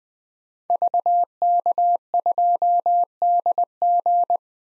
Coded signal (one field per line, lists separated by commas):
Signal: Morse code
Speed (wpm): 21 wpm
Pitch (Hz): 700 Hz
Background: none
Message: VK2DG